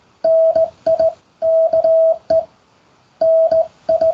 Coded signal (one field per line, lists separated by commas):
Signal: Morse code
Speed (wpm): 17 wpm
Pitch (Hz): 650 Hz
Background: radio noise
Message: NIKE NI